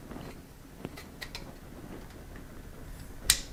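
A part of a Carcano Cavalry carbine's bolt assembly is worked back into position in the rifle bolt, with faint metallic ticks and scrapes around 0.9 to 1.3 s. A sharp metallic snap at 3.3 s marks the part locking into place.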